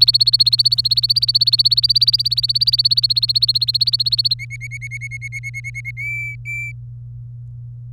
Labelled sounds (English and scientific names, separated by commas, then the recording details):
Domestic Canary (Serinus canaria) song
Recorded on 23 April 2018 at 17:38
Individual llb3